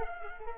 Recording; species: mosquito wingbeat signal from an infrared sensor; Culex quinquefasciatus